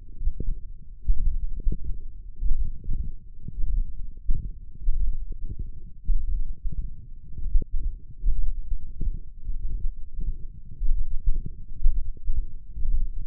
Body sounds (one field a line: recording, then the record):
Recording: forearm muscle sounds (acoustic myography)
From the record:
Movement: index flexion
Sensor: system 1, eight BSWA MPA416 microphones around the upper forearm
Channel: 6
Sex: male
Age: 21 years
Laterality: right